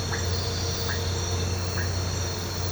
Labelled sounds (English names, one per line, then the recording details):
none
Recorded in pastures near Puerto Asís, Putumayo, Colombia, on 13 March 2025 at 05:30
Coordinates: 0.466, -76.322
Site CSA-02